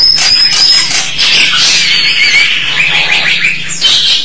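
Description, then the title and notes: Starling song: thin, high whistles blended with raspy, buzzy chatter in one continuous phrase. "suara burung jalak"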